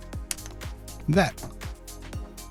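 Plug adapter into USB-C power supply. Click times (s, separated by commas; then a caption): 0.3 s. An interchangeable US power plug blade is pushed onto the 5-volt USB-C power adapter for a Synology CC400W AI Wi-Fi camera and snaps into place with a sharp click at 0.3 s. Someone talks briefly over background music, and the plug is seated.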